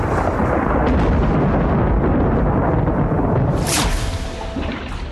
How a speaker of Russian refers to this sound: Яркая вспышка мелькнула у него перед глазами, и тут же оглушительный гром донесся до его слуха.